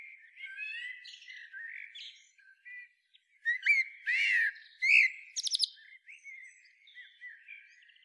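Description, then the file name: Eurasian blackbird song: soft warbled notes at first, then a loud burst of sharp squeaky chirps and buzzy twitters, fading back to quiet chatter. "Turdus merula"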